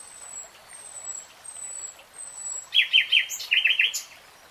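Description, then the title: Nightingale song opening with thin, very high drawn-out whistles, followed by a burst of harsh, rapid chattering notes. Singing, recorded in real time. "[Tiếng chim hót] 3 Hours REALTIME Nightingale Singing"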